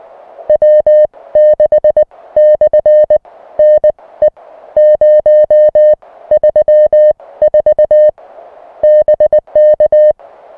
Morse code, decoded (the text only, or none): W6/ NE 034 BK